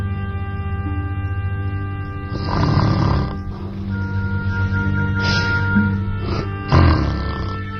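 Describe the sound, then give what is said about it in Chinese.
Loud, rough snoring in several rasping bursts at uneven intervals, in a scene from the Chinese TV drama Golden Wedding (Jin Hun), with a steady low hum underneath and no one speaking. “啊，我不打呼噜，我睡不着。”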